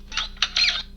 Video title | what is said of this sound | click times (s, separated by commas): Mara Jade - The Emperor's Hand - Legacy Lightsaber Set - An Angry Andy May 4th Review! | So when you bob it in, it will make a noise and you'll be able to hear it hopefully. | 0.4 s